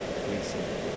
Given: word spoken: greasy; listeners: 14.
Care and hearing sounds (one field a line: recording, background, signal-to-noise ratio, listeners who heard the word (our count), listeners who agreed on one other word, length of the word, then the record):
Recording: one English word in noise, from a listening test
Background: speech-shaped noise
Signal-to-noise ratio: -6.0 dB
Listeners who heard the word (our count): 1 of 14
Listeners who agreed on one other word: 6 of 14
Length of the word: 0.56 s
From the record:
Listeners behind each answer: 6, 1, 1, 1, 1, 1, 1, 1, 1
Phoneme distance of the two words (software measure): 24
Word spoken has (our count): 2 syllables, 5 phonemes, stress on syllable 1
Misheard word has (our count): 2 syllables, 5 phonemes, stress on syllable 1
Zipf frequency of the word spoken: 3.46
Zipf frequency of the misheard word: 4.76